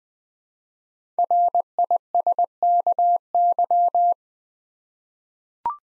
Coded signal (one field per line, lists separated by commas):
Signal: Morse code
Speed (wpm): 20 wpm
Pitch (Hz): 700 Hz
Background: none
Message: RISKY